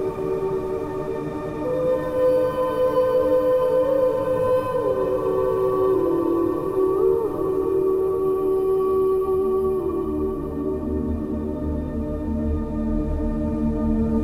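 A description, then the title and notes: Sustained 528 Hz and 639 Hz tones hum steadily at an even loudness, with a ringing, bowl-like shimmer. The main pitch drifts lower around the middle and again near the end, over a soft low rumble and faint high overtones. SelfLove Deep Inner Peace & Happiness 528 Hz + 639 Hz.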